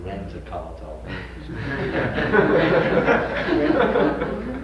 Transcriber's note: laughter